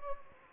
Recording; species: mosquito wingbeat signal from an infrared sensor; Anopheles gambiae